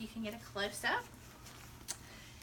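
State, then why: Seated. Someone talks briefly, then at 1.9 s there is a single sharp snap as the plastic coupling ring of an ostomy pouch is pressed onto the flange of the skin wafer, followed by quiet. The pouch is seated on the wafer.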